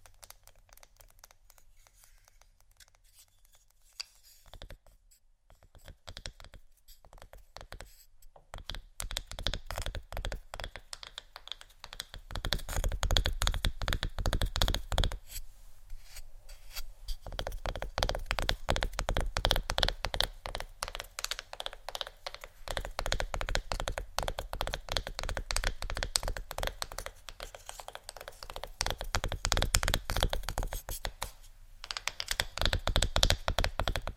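Fast tapping on assorted surfaces, a quick, dense patter of small clicks and knocks. It starts sparse and quiet for the first ten seconds, then grows louder and busier, running nearly continuous with brief dips around 16 and 31 seconds.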